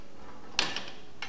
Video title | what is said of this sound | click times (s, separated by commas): Harmonic Fire Pendula -- Improved Release Mechanism | it locks into place. | 0.6 s